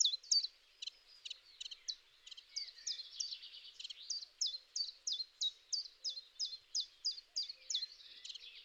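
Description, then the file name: Common chiffchaff song: a steady run of high, sharp notes alternating slightly in pitch, about three per second, with a soft low note now and then in the background. "tjiftjaf"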